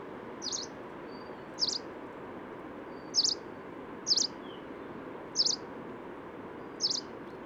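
Nitidus call: short, sharp high notes given about once a second, six in all, over a steady broad background hiss.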